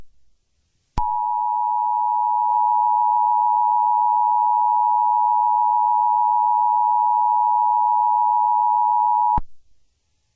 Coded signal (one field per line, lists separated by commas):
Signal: Emergency Alert System (SAME) tones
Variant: 853 and 960 Hz attention tone